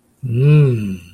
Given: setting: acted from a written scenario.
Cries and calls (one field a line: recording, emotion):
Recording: vocal sound without words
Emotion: desire